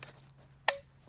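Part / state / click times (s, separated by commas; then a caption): electric scooter folding stem latch into the deck hinge / seated / 0.7 s. A Kukirin S3 Pro electric scooter is unfolded by pressing the rear mudguard, lifting the handlebar stem and stepping on the deck. After a faint tick near the start and a low steady hum, the stem's folding latch snaps locked into the deck hinge at 0.7 s with a sharp, bright clack and a short ringing tone. The latch is seated.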